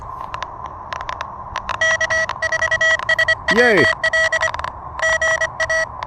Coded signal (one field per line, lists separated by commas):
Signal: Morse code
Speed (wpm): 25 wpm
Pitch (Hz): 1950 Hz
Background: speech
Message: K4SWL GA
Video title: Elecraft KH1: A little back yard pedestrian mobile POTA hunting